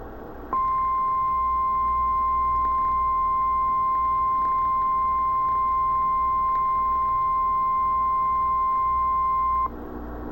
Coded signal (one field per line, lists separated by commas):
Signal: Emergency Alert System (SAME) tones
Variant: 1050 Hz attention tone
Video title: Addams family interrupted by vintage EAS ALERT (Recorded TV VHS)